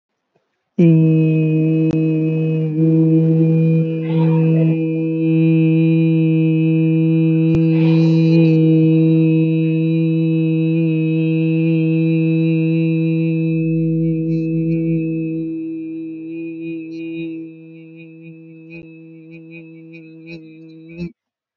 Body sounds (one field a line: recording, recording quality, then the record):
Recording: sustained vowel as in beet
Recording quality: moderate, slight background noise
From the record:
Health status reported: respiratory illness, not identified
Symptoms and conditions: asthma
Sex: male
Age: 21 years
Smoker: not ticked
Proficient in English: yes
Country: India